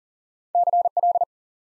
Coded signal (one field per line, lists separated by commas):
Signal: Morse code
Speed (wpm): 40 wpm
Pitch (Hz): 700 Hz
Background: none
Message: CL